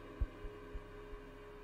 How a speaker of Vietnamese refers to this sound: Cô Lan bấy giờ tim đập bành bạch, như muốn tắt thở mà chết.